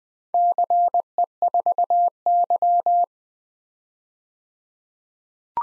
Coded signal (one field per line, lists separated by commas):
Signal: Morse code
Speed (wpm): 20 wpm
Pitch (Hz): 700 Hz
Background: none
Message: CE4Y